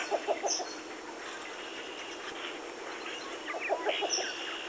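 Birds: bird calls, quick clusters of three or four clicking chirps near the start and again toward the end, with a few thin high notes between over a steady hiss.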